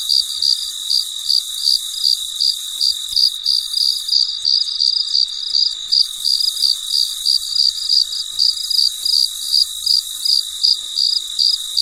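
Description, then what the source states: Cricket chirping in quick regular pulses, roughly three per second, with a continuous shrill insect background that briefly thins midway. Late at night, in deep quiet.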